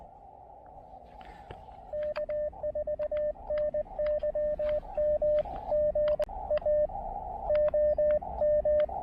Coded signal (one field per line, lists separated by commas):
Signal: Morse code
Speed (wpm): 20 wpm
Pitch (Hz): 600 Hz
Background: radio noise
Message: K4NYM GA OM